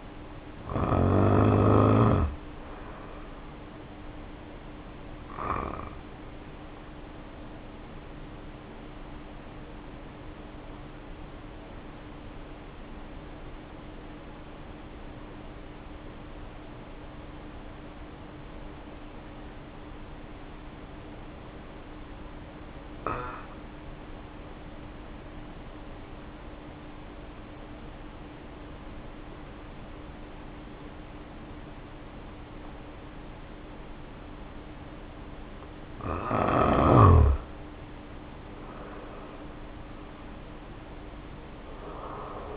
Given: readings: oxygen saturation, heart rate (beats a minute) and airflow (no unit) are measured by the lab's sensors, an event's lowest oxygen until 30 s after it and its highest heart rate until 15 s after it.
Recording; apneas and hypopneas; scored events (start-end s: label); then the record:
breathing in sleep by a voice recorder at the bedside; 1
4.00-34.70 s: hypopnea (N1, oxygen 94% highest, then 73% lowest, heart rate 56 at the start, 68 highest)
19.00-42.57 s: new sleep stage, N2 (light sleep)
From the record:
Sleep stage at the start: N1 (lightest sleep); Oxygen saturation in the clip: 73 to 94%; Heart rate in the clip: 47 to 69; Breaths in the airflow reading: 10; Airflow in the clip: -2.5 to 2.9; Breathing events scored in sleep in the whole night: 520 in 7.2 hours asleep